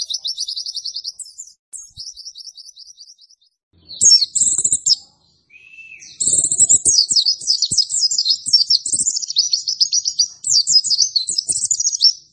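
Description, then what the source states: White-eye song: rapid high twittering trills, a squeaky chirp burst, then a long run of fast chattering notes. Masteran (tutor) recording for training cage birds; pleci white-eye singing in gacor (vigorous, continuous) style.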